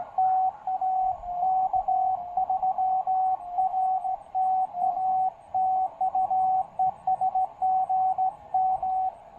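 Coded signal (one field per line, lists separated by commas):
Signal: Morse code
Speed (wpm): 17 wpm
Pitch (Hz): 750 Hz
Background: radio noise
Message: TA K3R TA TU ES GM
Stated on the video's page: CW park activation on 20 meters using a TEN-TEC R4020 QRP transceiver and a PackTenna 20M end-fed half-wave antenna.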